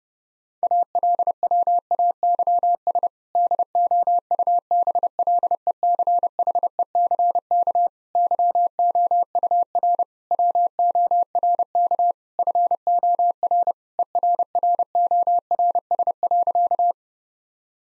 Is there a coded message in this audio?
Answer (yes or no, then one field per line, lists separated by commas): yes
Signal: Morse code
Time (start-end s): 0.6-16.9 s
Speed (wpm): 32 wpm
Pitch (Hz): 700 Hz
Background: none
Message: ALWAYS DOUBLECHECK YOUR WORK FOR ERRORS.